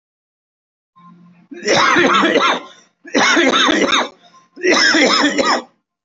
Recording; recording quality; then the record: heavy voluntary cough; excellent, no background noise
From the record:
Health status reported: healthy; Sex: male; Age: 30 years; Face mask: not worn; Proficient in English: yes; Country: India